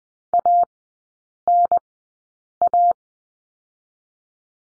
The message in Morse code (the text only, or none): ANA